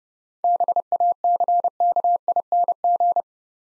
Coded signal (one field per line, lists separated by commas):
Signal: Morse code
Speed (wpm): 28 wpm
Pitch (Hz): 700 Hz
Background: none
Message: BACKING